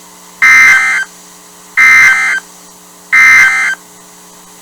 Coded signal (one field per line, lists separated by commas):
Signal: Emergency Alert System (SAME) tones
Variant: end-of-message bursts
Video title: EAS #3: Severe Thunderstorm Warning Will County in Illinois